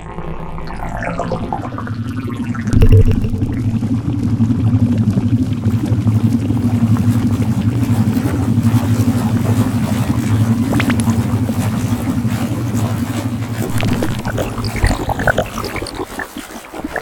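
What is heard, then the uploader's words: Synthetic water sound with a steady, deep churning rumble, like a motor running underwater, covered by dense bubbling crackle throughout. A sharp splashing burst hits near the three-second mark, and swirling, gurgling sweeps rise at the start and return near the end as it thins out. Synthetic Liquid Textures. Bubbling, dripping, splashing and rushing synthetic water sound effects.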